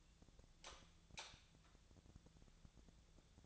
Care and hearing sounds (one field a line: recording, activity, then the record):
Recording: daily activity, microphone in the room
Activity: light on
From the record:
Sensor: 3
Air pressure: 1000.0 hPa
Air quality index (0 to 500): 122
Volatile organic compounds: 2 ppm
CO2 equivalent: 1098 ppm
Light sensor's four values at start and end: 34/87/37/40 and 36/92/39/42